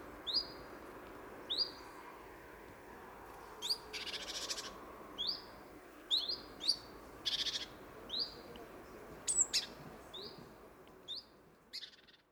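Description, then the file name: Great tit calls: a steady series of short, sharp downslurred notes, broken by a few brief buzzy churrs. "Parus major"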